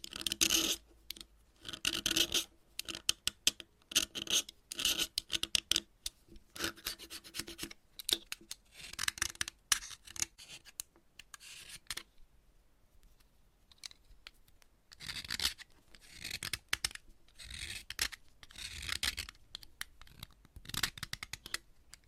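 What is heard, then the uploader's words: Chalk being cut and scraped in a rapid series of short, gritty crunches and rasps, dense through the first seven seconds. The strokes thin out and grow softer toward the middle, nearly pausing around twelve seconds, then return in bright bursts of scratching after fifteen seconds. Chalk Cutting. No Talking.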